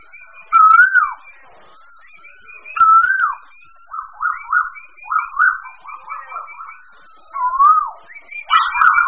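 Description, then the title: Bird song, loud slurred whistles with rising-falling notes and high warbled phrases, repeated in short bursts separated by pauses. Mixed birds. "manuk campur"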